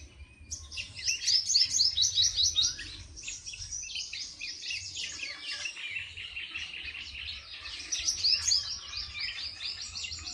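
Birds chirping and twittering continuously in high, busy overlapping phrases, loudest at the start and again near the end, over a faint low hum.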